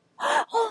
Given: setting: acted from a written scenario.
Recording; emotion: vocal sound without words; distress